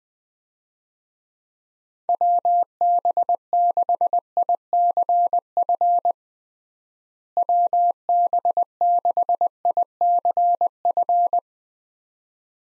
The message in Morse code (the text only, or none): WB6ICF WB6ICF